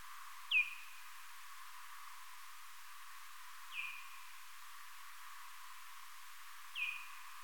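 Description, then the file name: Parti-coloured bat calls: three quick downward-sliding chirps, spaced roughly three seconds apart, each short and thin against constant background hiss. "Vmur"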